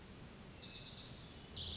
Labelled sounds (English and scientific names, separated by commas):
Pacific Wren (Troglodytes pacificus)